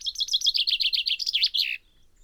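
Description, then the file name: Common chaffinch singing a single rattling phrase of repeated high notes, falling stepwise and closing with a short flourish. "Fringilla coelebs"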